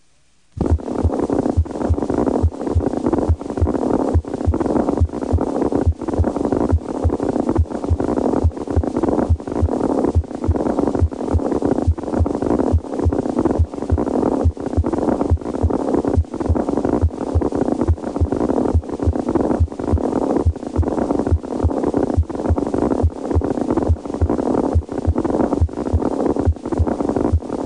Mediastinal crunch. Movements of the heart can displace air when it is present in the mediastinum. When this happens, crunchy noises are produced. Produced by a mediastinal crunch are usually heard best near the apex of the heart, over the mitral area, and along the left sternal border, with the patient in the partial left lateral recumbent position. Palpable crepitation may be present over the neck area. The noises have a crunching quality, which may become louder during inspiration.